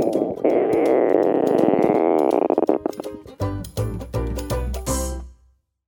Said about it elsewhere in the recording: Stomach rumbles or your tummy growls, it often means it's time for food. That sound comes from a part of our body called the intestines. That rumbling or growling sound that you hear is air moving around your intestines.